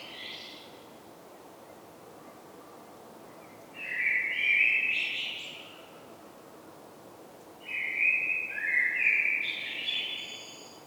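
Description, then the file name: Common blackbird song: two full whistled phrases about four seconds apart, each low and fluty before breaking into a squeaky, higher twitter, with a clipped ending at the start. "Turdus merula"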